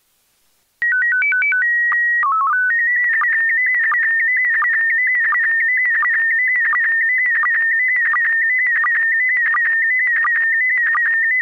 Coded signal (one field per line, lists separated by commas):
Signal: SSTV (slow-scan television)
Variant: PD 90